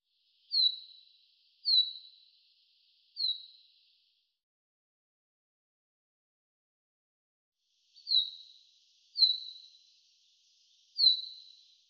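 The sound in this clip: Common chaffinch giving thin descending whistled notes, three at the start, then a long pause, then three more.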